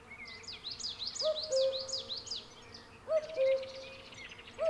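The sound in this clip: Cuckoo calling a low two-note cu-coo twice, about two seconds apart, and starting a third, while songbirds chatter and trill at higher pitch.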